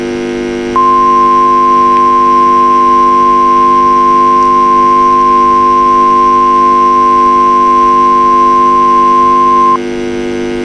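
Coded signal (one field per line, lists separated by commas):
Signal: Emergency Alert System (SAME) tones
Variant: 1050 Hz attention tone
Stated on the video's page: Self-made EAS scenario containing valid SAME tones.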